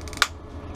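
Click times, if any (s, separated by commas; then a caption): 0.2 s. A freshly cut plastic prescription lens with Transitions and Crizal anti-glare coating is tucked into the outside corner of an acetate Ray-Ban 2140 Original Wayfarer sunglass frame and pressed in at the nose with the thumbs. Two soft ticks at about 0.1 s and 0.2 s are followed by a sharp, loud snap at 0.2 s as the lens seats in the rim. The block pops off because of the anti-glare coating.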